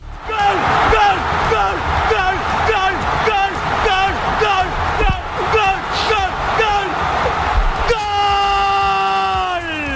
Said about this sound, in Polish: Kto tak krzyczał? Gdybyś nie zagadał, to byś usłyszał. De Panama! Czyli Panama. Panamczycy tak się cieszyli po zdobyciu decydującego gola.